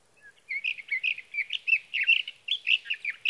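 Sage thrasher song, a long run of warbled, slurred phrases, tumbling quickly with short notes packed closely together and barely pausing.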